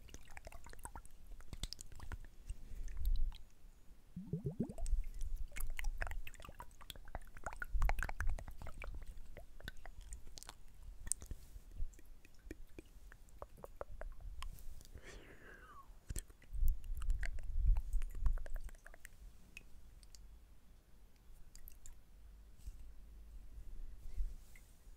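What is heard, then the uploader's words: Soft rubbing and squishing sounds from a face and head massage, with frequent quick taps and brushes and low thuds near 4, 8 and 17 seconds. ASMR Relaxing Face & Head Massage.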